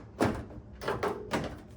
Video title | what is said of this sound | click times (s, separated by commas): GE Microwave Display Missing Segments | I didn't have everything snapped all the way in, so the hinges to the door were catching the end of the plastics. | 0.9 s, 1.0 s, 1.3 s